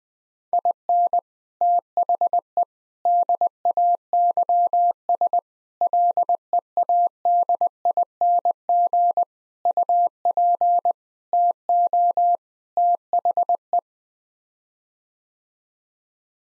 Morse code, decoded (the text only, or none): IN THE DAYS LEADING UP TO THE